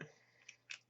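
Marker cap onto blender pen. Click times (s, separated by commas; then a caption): 0.7 s. A plastic cap is snapped back onto an alcohol blender marker pen, which dries out if the cap is not clicked shut. A soft low knock at the start and a faint tick near 0.5 s come before a sharp, bright click at 0.7 s as the cap seats shut.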